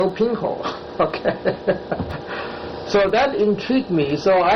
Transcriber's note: laughter